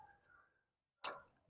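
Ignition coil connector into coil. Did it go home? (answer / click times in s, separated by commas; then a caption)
yes / 1.1 s. An electrical connector is pushed back onto an ignition coil in the engine bay of a Toyota Highlander during a spark plug replacement. After some faint low sounds and near silence, a single sharp, bright click lands at 1.1 s and fades over about a third of a second. The connector has seated on the coil.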